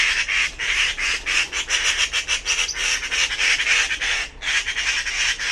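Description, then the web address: Bird squawks in a steady stream of rough, buzzy pulses, roughly three a second, with one short break near the end. "cianscape birddata Deverinetal"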